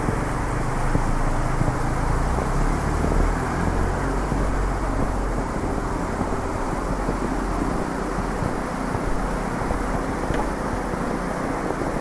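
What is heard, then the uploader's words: A snowy riverside with a steady rush of flowing water and wind, a thick, even roar weighted toward the low end that holds constant for the whole stretch. Faint, scattered ticks and small bumps come and go beneath it, with no clear breaks. A walk along a snowy river.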